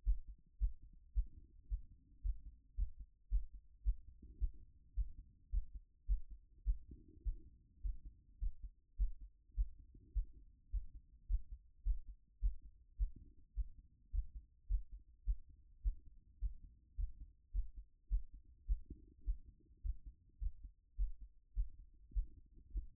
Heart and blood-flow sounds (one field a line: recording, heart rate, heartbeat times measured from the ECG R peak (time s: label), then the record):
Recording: heart sounds by stethoscope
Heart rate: 106 bpm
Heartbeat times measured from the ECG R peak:
0.04 s: heartbeat
0.59 s: heartbeat
1.14 s: heartbeat
1.68 s: heartbeat
2.22 s: heartbeat
2.76 s: heartbeat
3.30 s: heartbeat
3.84 s: heartbeat
4.39 s: heartbeat
4.95 s: heartbeat
5.51 s: heartbeat
6.07 s: heartbeat
6.64 s: heartbeat
7.23 s: heartbeat
7.82 s: heartbeat
8.40 s: heartbeat
8.97 s: heartbeat
9.55 s: heartbeat
10.13 s: heartbeat
10.71 s: heartbeat
11.28 s: heartbeat
11.84 s: heartbeat
12.41 s: heartbeat
12.97 s: heartbeat
13.54 s: heartbeat
14.11 s: heartbeat
14.68 s: heartbeat
15.25 s: heartbeat
15.82 s: heartbeat
16.40 s: heartbeat
16.96 s: heartbeat
17.52 s: heartbeat
18.09 s: heartbeat
18.66 s: heartbeat
19.24 s: heartbeat
19.82 s: heartbeat
20.39 s: heartbeat
20.97 s: heartbeat
21.54 s: heartbeat
22.13 s: heartbeat
22.72 s: heartbeat
From the record:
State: after exercise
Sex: female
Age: 24 years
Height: 178 cm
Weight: 71 kg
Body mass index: 22.41